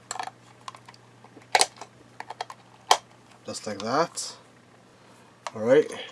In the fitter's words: gonna place this back in here so this just snaps back into place just like